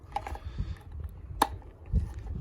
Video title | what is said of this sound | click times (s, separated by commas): How to DIY Oil Change Dodge Challenger 3.6 and Oil Reset | it should just seat right in there just push it in and you'll feel it click | 1.4 s